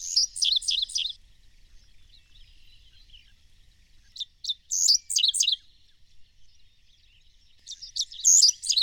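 Birdsong in three high, twittering bursts of quick chirps, separated by quiet stretches with faint thin notes.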